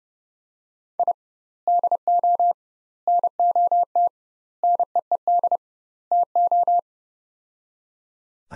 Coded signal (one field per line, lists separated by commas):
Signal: Morse code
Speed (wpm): 30 wpm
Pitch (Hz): 700 Hz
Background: none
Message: I DO NOT NEED TO